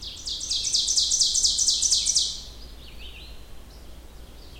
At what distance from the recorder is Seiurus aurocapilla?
about 20 m